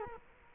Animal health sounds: mosquito wingbeat signal from an infrared sensor; Culex quinquefasciatus

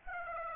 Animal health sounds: mosquito wingbeat signal from an infrared sensor; Aedes aegypti

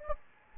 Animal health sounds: mosquito wingbeat signal from an infrared sensor; Anopheles gambiae

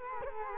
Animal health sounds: mosquito wingbeat signal from an infrared sensor; Culex quinquefasciatus

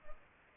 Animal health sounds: mosquito wingbeat signal from an infrared sensor; Culex pipiens

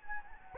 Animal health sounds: mosquito wingbeat signal from an infrared sensor; Anopheles gambiae

